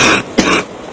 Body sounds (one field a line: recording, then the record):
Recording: coughing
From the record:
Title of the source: 31 night wet cough